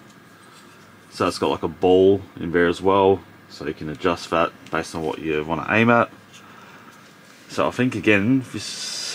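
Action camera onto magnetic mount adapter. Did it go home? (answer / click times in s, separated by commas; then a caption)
no / none. Someone talks while handling a DJI Action 2 action camera and bringing it toward a magnetic mount adapter, with faint handling noise in the pauses and near the end. Nothing has seated or clicked yet; the camera has not snapped onto the magnetized mount.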